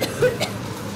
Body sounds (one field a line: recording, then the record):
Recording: coughing mixed with background sound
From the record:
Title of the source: Coughing Woman Sound - Woman Cough Sound Effect